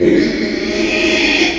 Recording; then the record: squeal of a Yucatan mini pig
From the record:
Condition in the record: after surgery on the right vocal fold (resection and tissue-engineered implant); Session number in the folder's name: 2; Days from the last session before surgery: 13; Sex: male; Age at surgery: 12 weeks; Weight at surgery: 13 kg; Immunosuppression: cyclosporine, prednisolone